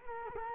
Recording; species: mosquito wingbeat signal from an infrared sensor; Culex quinquefasciatus